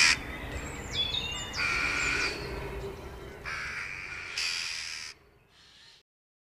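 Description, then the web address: Eurasian jackdaw gives a run of rough, scratchy calls in several blocks over the first five seconds, with faint thin whistles at the start, then fading to near silence. "agykontroll Madardalok Cd 2. Csóka"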